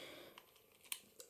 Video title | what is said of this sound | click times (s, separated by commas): Nintendo Switch + Zelda BotW UNBOXING - LAUNCH DAY | just slide it up and slide it on with the click | 0.9 s